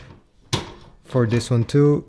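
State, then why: Seated. An inkjet ink cartridge is pushed into the printer carriage while being reseated, and a sharp click sounds at 0.5 s as it snaps home and seats. Someone talks afterward.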